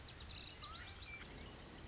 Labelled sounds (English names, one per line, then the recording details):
Lazuli Bunting
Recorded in Sonoma County, California